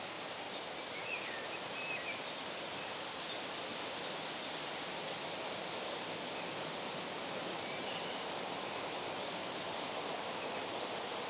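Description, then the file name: Bird song opening with a fast train of thin high chirps that fades after a few seconds, leaving a steady rushing, leafy background noise. Birds in a forest. "Forest Sounds - The Birds in the Forest"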